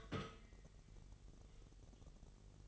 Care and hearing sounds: daily activity, microphone in the room; take from stove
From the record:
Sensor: 4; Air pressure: 989.1 hPa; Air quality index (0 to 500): 209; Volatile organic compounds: 57 ppm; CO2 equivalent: 3388 ppm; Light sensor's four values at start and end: 29/98/36/38 and 29/98/36/38

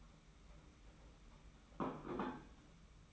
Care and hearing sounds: daily activity, microphone in the room; place plate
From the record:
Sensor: 1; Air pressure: 991.8 hPa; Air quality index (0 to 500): 167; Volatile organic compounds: 1000 ppm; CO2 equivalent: 6284 ppm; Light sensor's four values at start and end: 28/97/37/38 and 28/97/37/38

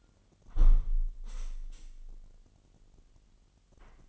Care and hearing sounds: daily activity, microphone in the room; close window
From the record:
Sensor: 4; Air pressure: 998.9 hPa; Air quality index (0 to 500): 127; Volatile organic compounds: 2 ppm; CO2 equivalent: 1245 ppm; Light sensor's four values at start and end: 8/21/8/9 and 8/21/8/9

